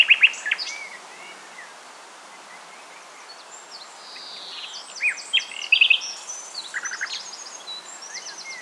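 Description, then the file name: Common nightingale song: a loud burst of sharp notes, a quiet gap of several seconds, then varied phrases of rapid repeated notes, trills and buzzy chatter. "Luscinia megarhynchos"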